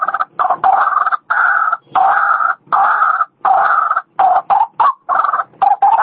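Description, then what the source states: White-breasted waterhen producing long, harsh, gurgling croaks in drawn-out bursts separated by short silences, rough and mid-pitched. Female call, used as a lure sound.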